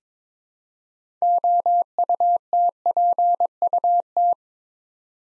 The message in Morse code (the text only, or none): OUTPUT